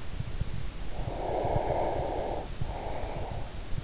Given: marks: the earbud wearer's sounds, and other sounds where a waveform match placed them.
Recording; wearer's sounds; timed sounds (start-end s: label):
sounds in sleep by an in-ear microphone; breath
0.91-3.52 s: breath